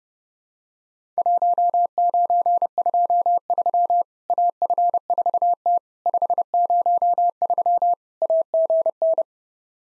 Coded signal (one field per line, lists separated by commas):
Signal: Morse code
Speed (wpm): 32 wpm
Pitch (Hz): 700 Hz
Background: none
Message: 1923 AF4T 503 AGN